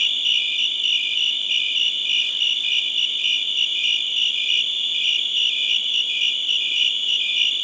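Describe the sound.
Crickets, a continuous shrill ringing trill with slight rhythmic pulsing throughout.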